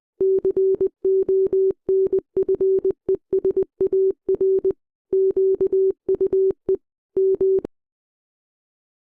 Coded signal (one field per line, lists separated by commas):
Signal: Morse code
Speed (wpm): 20 wpm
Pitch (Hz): 380 Hz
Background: none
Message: CONFESAR QUE M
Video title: (EAS SCENARIO) BIGGER TORNADO IN LOUISIANA (EAS)GRAN TORNADO EN LOUISIANA